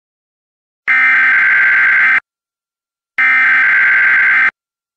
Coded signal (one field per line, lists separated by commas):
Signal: Emergency Alert System (SAME) tones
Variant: header bursts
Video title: EAS Severe Thunderstorm Warning (KY, OH, and WV Counties)